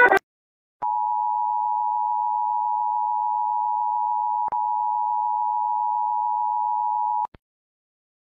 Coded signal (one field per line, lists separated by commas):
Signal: Emergency Alert System (SAME) tones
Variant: 853 and 960 Hz attention tone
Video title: 10 minutes and 22 seconds of Animated EAS alarm